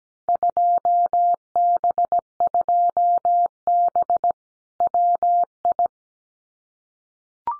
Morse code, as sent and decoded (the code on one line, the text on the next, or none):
..--- -... ..--- -... / .-- ..
2B2B WI